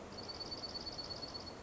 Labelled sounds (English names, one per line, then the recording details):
Dark-eyed Junco
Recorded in Sonoma County, California